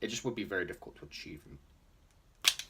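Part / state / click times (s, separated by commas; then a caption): removable neck/head piece of a plastic action figure / released / 2.5 s. Someone talks, then the removable neck/head piece of a plastic xenomorph action figure is pulled out of its socket with a sharp snap at 2.5 s. The piece is meant to come out, letting the head arch back further.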